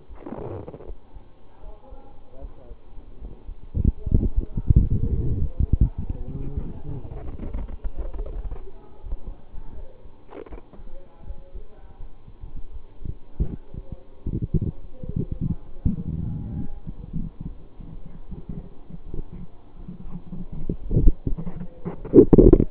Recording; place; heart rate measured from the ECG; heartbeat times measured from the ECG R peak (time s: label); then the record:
heart sounds by stethoscope; between the tricuspid and mitral areas; 80 bpm
0.05 s: heartbeat
0.83 s: heartbeat
1.59 s: heartbeat
2.37 s: heartbeat
3.17 s: heartbeat
3.93 s: heartbeat
4.68 s: heartbeat
5.42 s: heartbeat
6.13 s: heartbeat
6.82 s: heartbeat
7.51 s: heartbeat
8.23 s: heartbeat
8.99 s: heartbeat
9.72 s: heartbeat
10.46 s: heartbeat
11.23 s: heartbeat
11.96 s: heartbeat
12.69 s: heartbeat
13.46 s: heartbeat
14.21 s: heartbeat
15.02 s: heartbeat
15.85 s: heartbeat
16.67 s: heartbeat
17.45 s: heartbeat
18.25 s: heartbeat
19.02 s: heartbeat
19.75 s: heartbeat
20.48 s: heartbeat
21.22 s: heartbeat
21.93 s: heartbeat
22.66 s: heartbeat
From the record:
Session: bicycle stress test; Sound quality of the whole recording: good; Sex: male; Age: 24 years